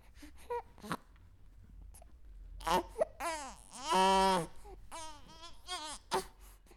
Human Baby. Crying.